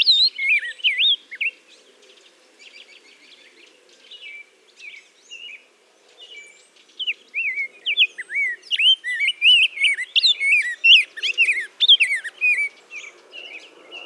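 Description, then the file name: Rose-breasted grosbeak song: fluid whistled notes, a quieter stretch, then a fuller run of sweet warbled phrases. Song recorded in Minnesota. "RBGR SONG MN - Rose-breasted Grosbeak - Pheucticus ludovicianus"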